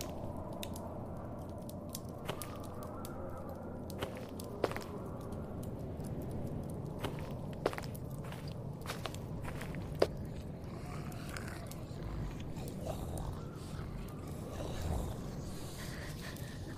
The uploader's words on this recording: Zombie apocalypse ASMR Ambience. Zombie eat/bite/moan.